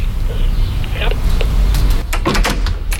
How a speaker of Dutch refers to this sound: We bezoeken haar in haar woning in Eindhoven-Noord. Goedemiddag. De hond is onderweg om de deur open te maken.